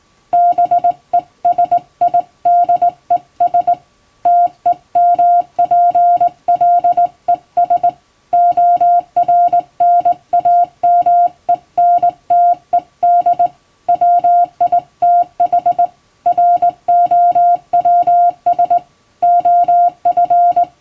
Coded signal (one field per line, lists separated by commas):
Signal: Morse code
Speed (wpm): 20 wpm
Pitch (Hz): 700 Hz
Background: music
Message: BESIDES TEMPLES ORNAMENTED WITH ROWS OF